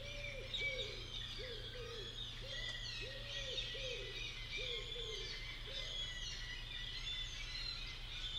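Bird calls: a series of arched hoots over the first six seconds, then stopping, while high chirps and whistles continue over a low droning hum.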